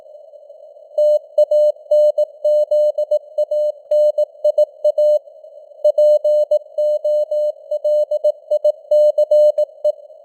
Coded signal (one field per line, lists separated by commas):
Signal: Morse code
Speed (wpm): 18 wpm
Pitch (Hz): 600 Hz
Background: none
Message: TANZANIA POLICE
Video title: Morse Code News | 2025-10-08 | 18wpm